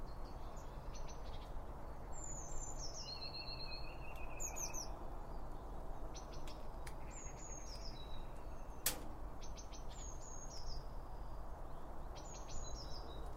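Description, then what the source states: Birds giving high chirps and thin descending whistles in short bursts throughout, over constant low rumbling noise. Birds around a bird feeder, recorded with two OM 1 microphones from Line Audio.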